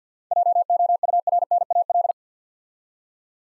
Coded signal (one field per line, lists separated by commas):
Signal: Morse code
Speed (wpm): 50 wpm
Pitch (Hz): 700 Hz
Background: none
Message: JOURNAL